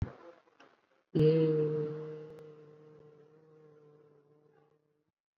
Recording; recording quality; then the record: sustained vowel as in made; excellent, no background noise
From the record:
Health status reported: COVID-19 positive, mild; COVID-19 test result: positive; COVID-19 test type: RT-PCR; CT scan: not taken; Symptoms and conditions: cough, cold, fatigue, muscle pain, diabetes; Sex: male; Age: 48 years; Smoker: no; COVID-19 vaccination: both doses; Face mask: worn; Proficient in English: yes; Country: India